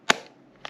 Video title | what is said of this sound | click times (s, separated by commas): Escape the Silence: Fixing No Audio in Logitech Headsets 2023 | after you done that just put the bottom of the battery in first and then just push it on the top until you hear a click | 0.1 s